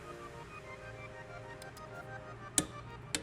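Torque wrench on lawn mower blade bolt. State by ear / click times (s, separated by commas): torque reached / 2.6 s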